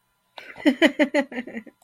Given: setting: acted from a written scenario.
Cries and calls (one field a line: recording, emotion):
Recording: vocal sound without words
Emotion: amusement